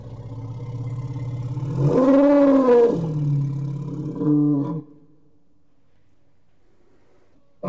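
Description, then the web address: Elephant call: a rich, harmonic roaring blast lasting about a second, followed by a shorter second blare, over a low continuous rumble, then quiet. "animal sounds elephant"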